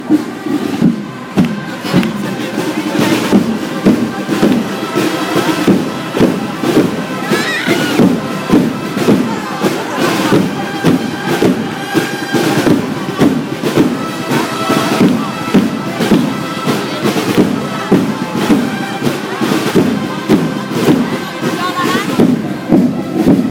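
A parade of the Three Kings passes with loud, dense music filling the whole clip: sustained bright melody lines over a steady, regular drumbeat that thumps several times a second. The sound is constant, with crowd voices mixed underneath.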